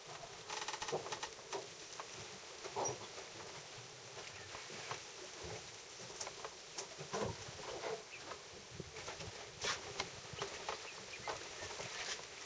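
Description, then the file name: Elephant drinking: irregular watery splashes and sloshing with scattered sharp slaps, quiet and uneven throughout, no vocal calls. Drinking water in Kruger National Park. "Elephant drinking water - KNP"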